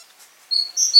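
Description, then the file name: Great tit giving a few short, thin high whistled notes, the later ones louder, over a quiet background. "Parus major"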